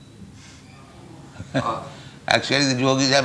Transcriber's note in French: chuckles